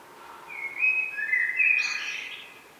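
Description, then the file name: Common blackbird with a rich fluted song phrase, sliding notes building to a brighter, scratchy flourish before fading. "Turdus merula"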